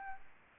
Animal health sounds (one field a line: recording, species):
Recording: mosquito wingbeat signal from an infrared sensor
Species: Aedes albopictus